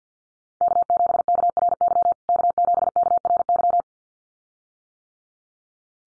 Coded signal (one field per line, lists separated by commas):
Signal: Morse code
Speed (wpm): 50 wpm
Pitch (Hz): 700 Hz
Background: none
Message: K7KRY K7KRY